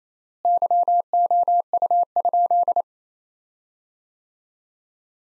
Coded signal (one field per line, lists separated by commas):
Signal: Morse code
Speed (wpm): 28 wpm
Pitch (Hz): 700 Hz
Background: none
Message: YOU?